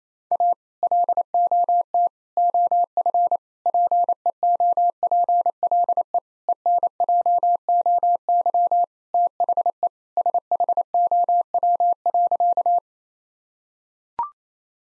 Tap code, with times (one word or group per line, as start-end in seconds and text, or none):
none